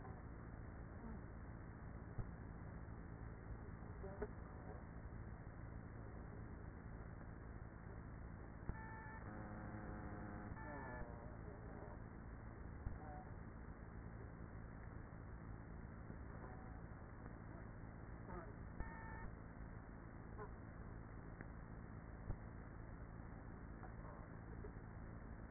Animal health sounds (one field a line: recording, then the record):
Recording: honeybee colony, microphone inside the hive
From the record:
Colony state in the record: queenless with a low population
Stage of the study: after two queens were removed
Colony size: about 30,000 bees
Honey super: no